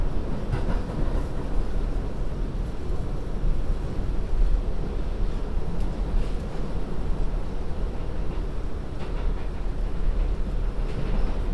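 A steady, dense low rumble of a subway train in motion on the MTA, with faint clanks and brighter rattles recurring throughout.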